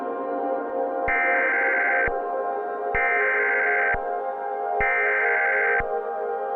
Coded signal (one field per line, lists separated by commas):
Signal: Emergency Alert System (SAME) tones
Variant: header bursts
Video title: Columbia Basin Event (EAS Scenario)